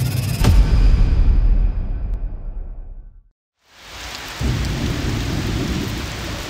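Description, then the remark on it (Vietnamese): Heavy night rain pours steadily on the tiled roof of a villa at the end of a deserted road in a dense, hissing roar. A deep thunder rumble opens it, fading to a brief silence before the downpour resumes, loud and constant. “Cơn mưa đêm trà rít như trút nước, gõ từng nhịp điên cuồng lên mái ngói của căn biệt thự nằm chơ vơ cuối con đường vắng.”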